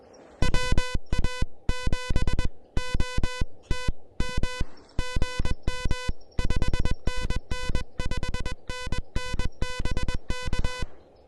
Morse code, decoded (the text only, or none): WA7OTM GM 5NN 5NN BK